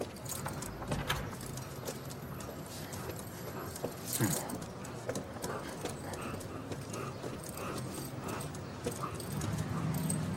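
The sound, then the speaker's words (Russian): A large chestnut dog's leash being unclipped, with light metallic jangling and a few sharp clinks scattered over a steady, noisy background, one brighter rattle standing out midway. “Он спустил его с поводка, и большая каштановая умная собака в развалочку подошла к парню и девушке на лавочке напротив.”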